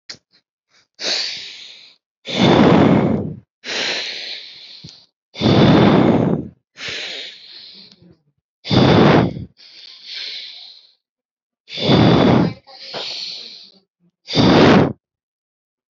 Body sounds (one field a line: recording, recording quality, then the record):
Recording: deep breathing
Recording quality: excellent, no background noise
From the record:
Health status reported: healthy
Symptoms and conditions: none ticked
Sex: male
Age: 25 years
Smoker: not ticked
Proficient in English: yes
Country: India